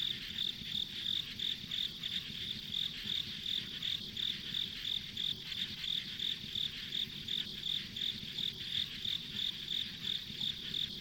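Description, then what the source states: Insect: steady chorus of high insect chirps, close to three a second, layered over continuous buzzing and low background hum. Ambient insect sounds on a rural country road.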